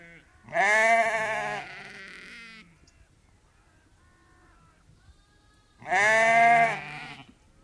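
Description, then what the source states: Lamb giving two loud, quavering bleats separated by a quiet pause. Lamb bleating on its own, loud bleats.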